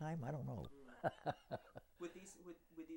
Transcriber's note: laughs